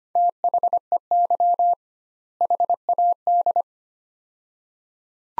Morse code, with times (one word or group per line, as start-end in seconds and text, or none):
0.2-1.7 THEY
2.4-3.6 HAD